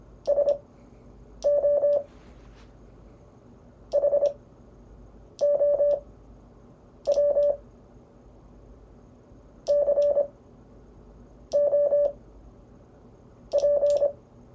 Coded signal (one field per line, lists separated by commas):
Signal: Morse code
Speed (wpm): 25 wpm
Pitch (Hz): 580 Hz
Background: none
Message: SO HOW COP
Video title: Anatomy of a CW QSO